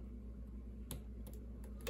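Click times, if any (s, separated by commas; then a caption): 0.9 s. A front camera flex cable connector on an Apple iPhone XR is pressed onto its logic board socket during reassembly. A sharp snap at 0.9 s shows it seating, followed by a few fainter clicks around 1.3 s and 1.9 s over a low steady background hum. The connector is confirmed seated.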